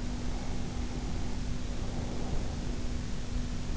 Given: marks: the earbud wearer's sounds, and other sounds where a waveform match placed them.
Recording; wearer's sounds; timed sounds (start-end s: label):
sounds in sleep by an in-ear microphone; breath
0.01-3.04 s: breath